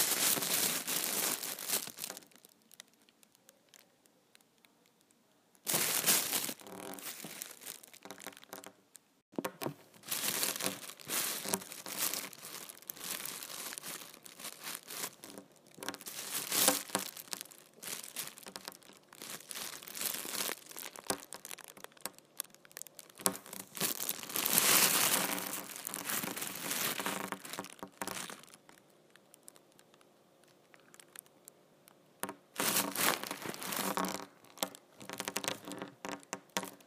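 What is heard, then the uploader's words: An empty trash bag is crumpled and crinkled in bursts of bright, dense rustling, with brief quiet gaps near 5 and 9 seconds. ASMR Empty Trash Bag.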